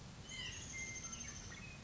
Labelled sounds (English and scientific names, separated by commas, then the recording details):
White-breasted Nuthatch (Sitta carolinensis)
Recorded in Sonoma County, California